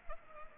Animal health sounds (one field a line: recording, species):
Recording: mosquito wingbeat signal from an infrared sensor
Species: Culex pipiens